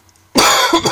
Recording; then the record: coughing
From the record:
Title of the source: Dry Coughing Fit in the Afternoon.